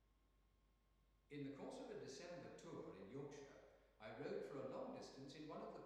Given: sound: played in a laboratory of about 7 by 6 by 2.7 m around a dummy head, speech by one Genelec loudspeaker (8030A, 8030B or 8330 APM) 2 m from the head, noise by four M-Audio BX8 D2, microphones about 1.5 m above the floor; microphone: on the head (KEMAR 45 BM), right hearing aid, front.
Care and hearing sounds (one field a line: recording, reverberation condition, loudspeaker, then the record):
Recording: male speech in English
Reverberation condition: high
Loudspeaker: in front (0 degrees)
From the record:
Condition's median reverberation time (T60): about 1300 ms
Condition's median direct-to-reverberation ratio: about -4.0 dB